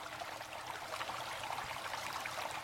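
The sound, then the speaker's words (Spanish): A gentle river flows steadily, a soft continuous wash of water with faint bubbling texture, holding an even, quiet level throughout with no voices. “El río se deslizaba a hurtadillas.”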